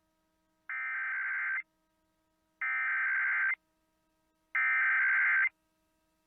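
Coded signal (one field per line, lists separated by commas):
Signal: Emergency Alert System (SAME) tones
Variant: header bursts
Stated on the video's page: Three South Dakota Required Monthly Tests relayed via KOLY, KBRK and KORN, shown with WeatherSTAR 4000.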